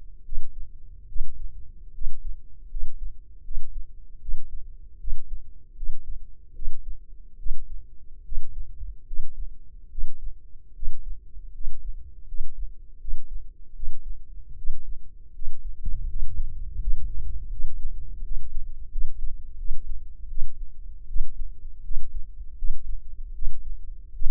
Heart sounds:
heart sounds by microphone in the left ear; 78 bpm
0.23 s: heartbeat
1.06 s: heartbeat
1.92 s: heartbeat
2.68 s: heartbeat
3.42 s: heartbeat
4.19 s: heartbeat
4.98 s: heartbeat
5.74 s: heartbeat
6.53 s: heartbeat
7.37 s: heartbeat
8.23 s: heartbeat
9.04 s: heartbeat
9.89 s: heartbeat
10.73 s: heartbeat
11.51 s: heartbeat
12.25 s: heartbeat
12.98 s: heartbeat
13.73 s: heartbeat
14.55 s: heartbeat
15.32 s: heartbeat
16.07 s: heartbeat
16.78 s: heartbeat
17.49 s: heartbeat
18.22 s: heartbeat
18.89 s: heartbeat
19.56 s: heartbeat
20.27 s: heartbeat
21.06 s: heartbeat
21.82 s: heartbeat
22.56 s: heartbeat
23.33 s: heartbeat
24.12 s: heartbeat
From the record:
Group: healthy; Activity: rest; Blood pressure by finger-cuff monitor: 138/74 mmHg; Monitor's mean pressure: 96 mmHg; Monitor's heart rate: 77 bpm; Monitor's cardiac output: 7.2 L/min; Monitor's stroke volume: 93 mL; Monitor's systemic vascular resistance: 950 dyn s/cm5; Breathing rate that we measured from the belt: 19 breaths a minute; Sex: male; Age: 21 years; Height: 180 cm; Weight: 67.5 kg

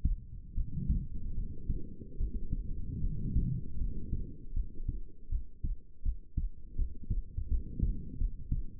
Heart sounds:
heart sounds by stethoscope; 79 bpm
0.54 s: heartbeat
1.34 s: heartbeat
2.17 s: heartbeat
3.00 s: heartbeat
3.78 s: heartbeat
4.53 s: heartbeat
5.29 s: heartbeat
6.02 s: heartbeat
6.76 s: heartbeat
7.48 s: heartbeat
8.18 s: heartbeat
From the record:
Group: healthy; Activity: cold pressor test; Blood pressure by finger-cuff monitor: 86/67 mmHg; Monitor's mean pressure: 72 mmHg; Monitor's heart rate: 77 bpm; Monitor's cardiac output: 5 L/min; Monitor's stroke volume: 68 mL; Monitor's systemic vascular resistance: 1020 dyn s/cm5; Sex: male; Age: 20 years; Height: 187 cm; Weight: 68.9 kg

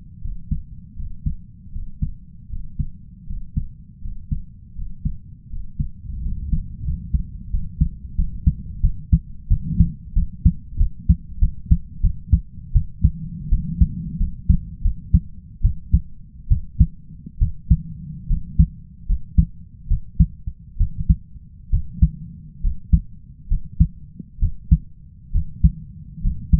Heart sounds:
heart sounds by stethoscope; 78 bpm
0.20 s: heartbeat
0.95 s: heartbeat
1.71 s: heartbeat
2.49 s: heartbeat
3.26 s: heartbeat
4.01 s: heartbeat
4.74 s: heartbeat
5.49 s: heartbeat
6.21 s: heartbeat
6.83 s: heartbeat
7.50 s: heartbeat
8.15 s: heartbeat
8.80 s: heartbeat
9.48 s: heartbeat
10.13 s: heartbeat
10.77 s: heartbeat
11.39 s: heartbeat
12.01 s: heartbeat
12.73 s: heartbeat
13.49 s: heartbeat
14.18 s: heartbeat
14.82 s: heartbeat
15.62 s: heartbeat
16.48 s: heartbeat
17.39 s: heartbeat
18.28 s: heartbeat
19.07 s: heartbeat
19.88 s: heartbeat
20.78 s: heartbeat
21.70 s: heartbeat
22.61 s: heartbeat
23.48 s: heartbeat
24.39 s: heartbeat
25.32 s: heartbeat
26.21 s: heartbeat
From the record:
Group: healthy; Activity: Valsalva maneuver 0-6 s, rest 6-27 s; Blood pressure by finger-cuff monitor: 124/80 mmHg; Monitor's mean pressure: 90 mmHg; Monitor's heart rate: 80 bpm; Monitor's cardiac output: 5.2 L/min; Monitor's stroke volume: 63 mL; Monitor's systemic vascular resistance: 1320 dyn s/cm5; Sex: male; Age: 20 years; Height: 167 cm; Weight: 61 kg

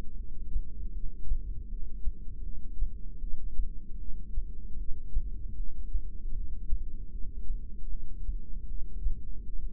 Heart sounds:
heart sounds by microphone in the left ear; 78 bpm
0.17 s: heartbeat
0.93 s: heartbeat
1.68 s: heartbeat
2.43 s: heartbeat
3.20 s: heartbeat
3.98 s: heartbeat
4.78 s: heartbeat
5.56 s: heartbeat
6.33 s: heartbeat
7.11 s: heartbeat
7.89 s: heartbeat
8.67 s: heartbeat
9.45 s: heartbeat
From the record:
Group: heart failure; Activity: rest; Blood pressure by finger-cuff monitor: 190/129 mmHg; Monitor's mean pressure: 148 mmHg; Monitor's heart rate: 79 bpm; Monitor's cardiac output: 6.9 L/min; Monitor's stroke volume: 88 mL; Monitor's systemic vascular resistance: 1610 dyn s/cm5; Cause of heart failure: non-ischemic cardiomyopathy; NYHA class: 1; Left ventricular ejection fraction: 62%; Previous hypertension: present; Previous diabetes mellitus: present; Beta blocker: bisoprolol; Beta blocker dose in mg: 10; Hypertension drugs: sacubitril-valsartan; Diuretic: furosemide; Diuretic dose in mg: 20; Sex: male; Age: 49 years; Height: 167 cm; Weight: 110 kg

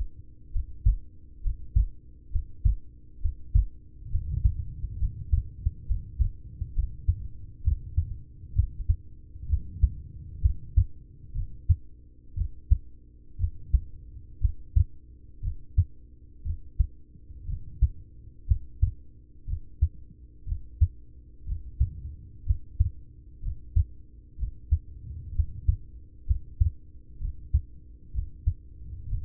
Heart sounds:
heart sounds by stethoscope; 63 bpm
0.49 s: heartbeat
1.39 s: heartbeat
2.28 s: heartbeat
3.18 s: heartbeat
4.08 s: heartbeat
4.96 s: heartbeat
5.84 s: heartbeat
6.72 s: heartbeat
7.61 s: heartbeat
8.53 s: heartbeat
9.46 s: heartbeat
10.39 s: heartbeat
11.31 s: heartbeat
12.33 s: heartbeat
13.36 s: heartbeat
14.38 s: heartbeat
15.39 s: heartbeat
16.42 s: heartbeat
17.44 s: heartbeat
18.45 s: heartbeat
19.44 s: heartbeat
20.44 s: heartbeat
21.44 s: heartbeat
22.43 s: heartbeat
23.39 s: heartbeat
24.36 s: heartbeat
25.32 s: heartbeat
26.24 s: heartbeat
27.17 s: heartbeat
28.11 s: heartbeat
29.05 s: heartbeat
From the record:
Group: heart failure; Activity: breath hold 0-6 s, rest 6-29 s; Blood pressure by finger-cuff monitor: 90/51 mmHg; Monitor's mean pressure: 63 mmHg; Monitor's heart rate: 63 bpm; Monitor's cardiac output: 5.7 L/min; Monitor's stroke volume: 92 mL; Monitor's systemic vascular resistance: 850 dyn s/cm5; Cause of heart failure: ischemic heart disease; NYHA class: 1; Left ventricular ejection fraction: 33%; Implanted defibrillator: present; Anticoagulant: apixaban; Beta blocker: carvedilol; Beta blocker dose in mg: 18.75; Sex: male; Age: 39 years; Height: 168 cm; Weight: 72 kg

